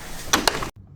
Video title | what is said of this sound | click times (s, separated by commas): 07 TUTO : Comment régler un châssis coulissant ? | Voilà, et se clipser. | 0.3 s, 0.5 s